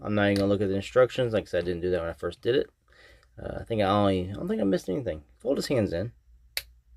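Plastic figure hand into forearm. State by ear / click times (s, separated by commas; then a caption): seated / 6.6 s. Someone talks while folding a plastic Transformers Studio Series 86 Swoop robot figure's hands into its forearms during transformation. A single sharp snap is heard at 6.6 s as the hand locks into place.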